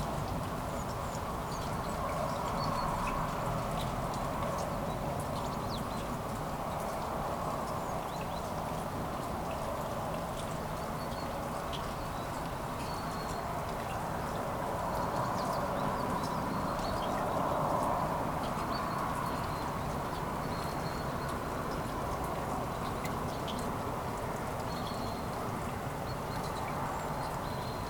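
Light morning rain falls on city streets in Kuldiga, Latvia, a steady, dense patter with no breaks. Small bright drips tick over the top, and a low rumble runs underneath, swelling slightly around the middle and near the end.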